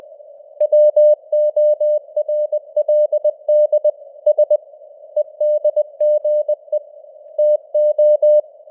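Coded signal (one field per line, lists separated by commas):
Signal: Morse code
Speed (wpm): 20 wpm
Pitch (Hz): 600 Hz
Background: none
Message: WORLD S EDGE TO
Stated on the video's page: News headlines in Morse at 20 wpm with simulated radio noise and varying signal strength (QSB).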